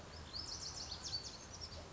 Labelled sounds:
Lazuli Bunting

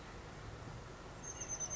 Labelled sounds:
Oak Titmouse

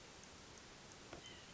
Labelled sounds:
White-breasted Nuthatch

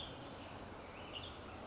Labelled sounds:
Western Tanager

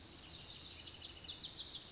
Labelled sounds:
Western Flycatcher

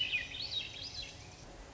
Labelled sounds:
Swainson's Thrush

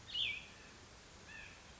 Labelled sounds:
Cassin's Vireo

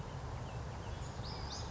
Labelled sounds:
Western Flycatcher

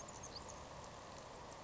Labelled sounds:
Grasshopper Sparrow

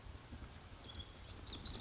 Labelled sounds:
Pacific Wren

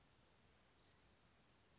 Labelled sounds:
Anna's Hummingbird

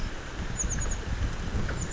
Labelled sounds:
Chestnut-backed Chickadee

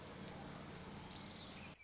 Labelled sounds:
Orange-crowned Warbler

